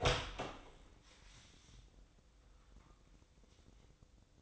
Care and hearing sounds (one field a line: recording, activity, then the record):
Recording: daily activity, microphone in the room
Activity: open door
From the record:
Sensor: 3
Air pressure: 1012.3 hPa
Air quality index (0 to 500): 173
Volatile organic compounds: 3 ppm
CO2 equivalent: 1327 ppm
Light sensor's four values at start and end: 569/1413/584/597 and 572/1422/587/601